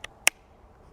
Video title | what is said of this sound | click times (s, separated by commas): The most requested AXE that will SHOCK n AWE you! | snaps in place. That's really cool. | 0.3 s